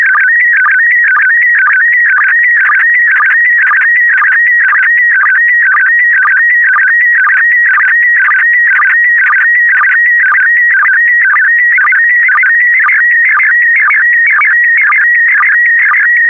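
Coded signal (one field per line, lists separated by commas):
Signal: SSTV (slow-scan television)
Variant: PD120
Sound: steady warbling electronic tone with a short low blip about twice a second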